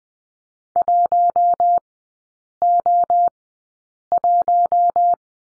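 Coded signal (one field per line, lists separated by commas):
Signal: Morse code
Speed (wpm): 20 wpm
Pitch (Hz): 700 Hz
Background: none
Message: 1O1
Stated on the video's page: Morse code course lesson at Farnsworth speed 20/10 wpm.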